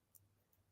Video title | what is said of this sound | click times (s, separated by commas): Pearl Showcase: Starting From Just £3! | So, that is how it click a click clasp. | 0.2 s